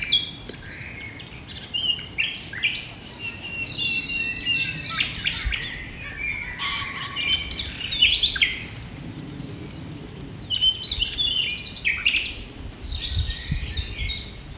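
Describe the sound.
Common nightingale delivering dense, varied song phrases of clicks, whistles and trills, with a low rumbling background noise.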